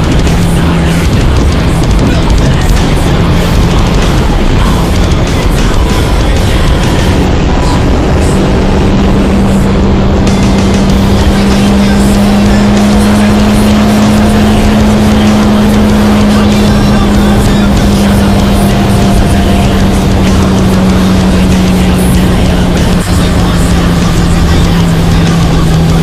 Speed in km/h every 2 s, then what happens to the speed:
174, 175, 186, 188, 203, 203, 216, 223, 216, 207, 196, 186, 174.
0-14 speeds up to 223. 14-26 brakes to 174.